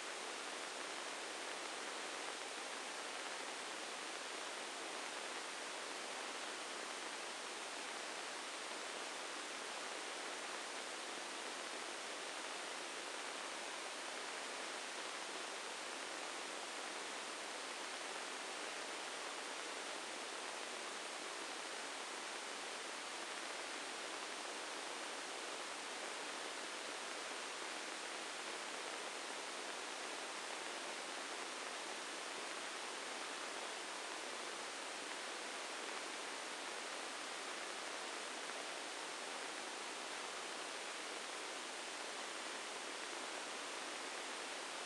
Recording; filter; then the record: brain microelectrode recording played as sound; spike band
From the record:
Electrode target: subthalamic nucleus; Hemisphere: right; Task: reaching with the left hand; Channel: 1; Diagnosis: Parkinson's disease